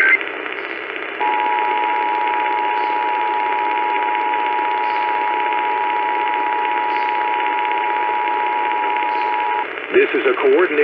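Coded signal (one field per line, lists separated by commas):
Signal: Emergency Alert System (SAME) tones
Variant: 853 and 960 Hz attention tone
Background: speech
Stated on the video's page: EAS tones from a compilation of West Coast station alerts and tests during June 2020.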